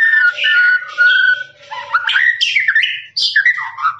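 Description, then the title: Lovebird chattering song with a short clear whistled note, then rapid squeaky bursts rising and falling, broken by a few brief pauses. Long, extended "ngekek" chattering song of a lovebird, used as a master recording for training birds. "FULL DURASI MASTERAN LOVEBIRD NGEKEK PANJANG"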